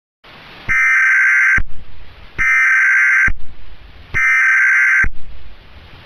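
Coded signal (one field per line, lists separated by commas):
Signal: Emergency Alert System (SAME) tones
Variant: header bursts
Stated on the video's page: EAS tones in a fictional train derailment scenario, stated to be fake but containing valid tones.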